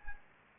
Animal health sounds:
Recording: mosquito wingbeat signal from an infrared sensor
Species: Anopheles gambiae

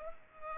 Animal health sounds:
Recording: mosquito wingbeat signal from an infrared sensor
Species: Culex pipiens

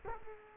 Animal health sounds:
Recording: mosquito wingbeat signal from an infrared sensor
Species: Culex quinquefasciatus

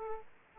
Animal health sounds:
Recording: mosquito wingbeat signal from an infrared sensor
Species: Aedes aegypti

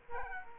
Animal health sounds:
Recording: mosquito wingbeat signal from an infrared sensor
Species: Culex quinquefasciatus

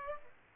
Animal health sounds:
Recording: mosquito wingbeat signal from an infrared sensor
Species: Aedes aegypti

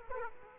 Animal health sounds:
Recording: mosquito wingbeat signal from an infrared sensor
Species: Aedes aegypti

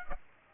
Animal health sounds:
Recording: mosquito wingbeat signal from an infrared sensor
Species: Aedes aegypti

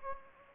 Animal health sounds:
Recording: mosquito wingbeat signal from an infrared sensor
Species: Anopheles gambiae

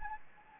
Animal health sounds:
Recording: mosquito wingbeat signal from an infrared sensor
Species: Anopheles gambiae

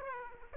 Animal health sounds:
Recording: mosquito wingbeat signal from an infrared sensor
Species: Aedes aegypti

